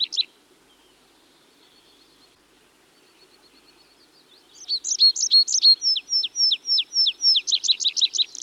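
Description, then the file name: Tree pipit singing: one brief chirp, several seconds of near quiet, then a lively run of high sweeping notes and drawn-out slurred whistles into quick repeated chirps. "Tree Pipit (Anthus trivialis)"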